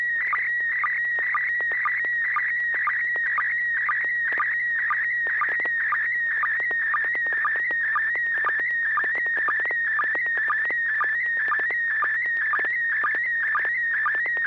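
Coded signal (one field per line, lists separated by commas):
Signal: SSTV (slow-scan television)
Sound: warbling tone around 1.5-2.3 kHz with brief lower sync blips about twice a second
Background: low mains hum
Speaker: how did you copy that? And your comments, please, over. Well, that came over real well.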